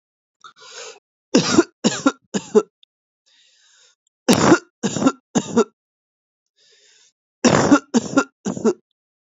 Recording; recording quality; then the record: heavy voluntary cough; excellent, no background noise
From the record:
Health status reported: healthy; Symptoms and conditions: none ticked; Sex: male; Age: 35 years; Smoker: not ticked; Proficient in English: yes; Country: India